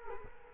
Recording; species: mosquito wingbeat signal from an infrared sensor; Culex quinquefasciatus